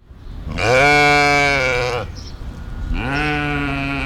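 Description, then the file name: Mouflon giving two long, harmonic bleats, each lasting over a second, with a brief pause between them. "Mufflon"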